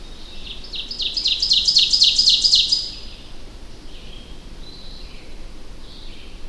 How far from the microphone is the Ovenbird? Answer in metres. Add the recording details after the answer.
about 5 m. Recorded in boreal forest in Alberta, Canada, on 25 June 2016 at 08:46. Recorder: SongMeter 3, array SBT-6-76. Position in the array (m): 34 m, 109 m. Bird 2